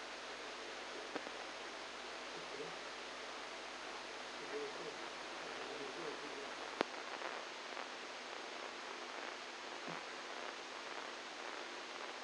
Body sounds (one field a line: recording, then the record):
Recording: brain microelectrode recording played as sound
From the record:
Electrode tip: inside the subthalamic nucleus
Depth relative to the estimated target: -4 mm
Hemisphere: right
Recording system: NeuroSet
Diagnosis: Parkinson's disease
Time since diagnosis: 10 years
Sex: male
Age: 63 years